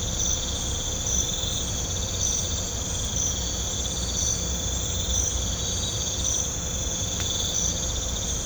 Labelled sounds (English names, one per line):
none